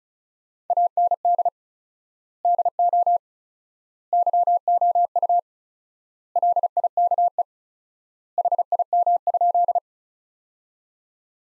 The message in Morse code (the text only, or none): AND DO YOU LIKE HIM?